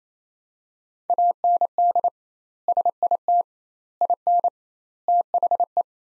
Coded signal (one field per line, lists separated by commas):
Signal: Morse code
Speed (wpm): 28 wpm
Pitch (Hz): 700 Hz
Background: none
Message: AND SIT IN THE